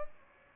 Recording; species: mosquito wingbeat signal from an infrared sensor; Aedes aegypti